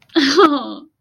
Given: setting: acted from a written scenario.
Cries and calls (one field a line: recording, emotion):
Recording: vocal sound without words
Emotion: pride